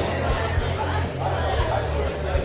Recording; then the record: background sound without coughing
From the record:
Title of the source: CITY SOUNDS Busy Bar in the Evening Night - 2 HOURS of Ambiance for Relaxation